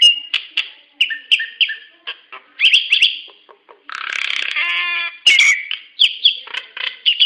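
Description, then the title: Nias hill myna calls: loud clicks and whistled notes, a nasal buzzy rattle with stacked harmonics midway, then more sharp whistles and chattering notes. "Burung jalak nias"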